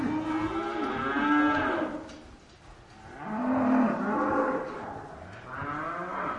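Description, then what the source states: Cow mooing: three drawn-out, low, harmonic-rich moos, the first two each about two seconds long and the last cut off at the end, rising and falling in loudness, with steady background noise. Cow mooing inside a barn.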